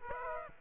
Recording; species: mosquito wingbeat signal from an infrared sensor; Aedes aegypti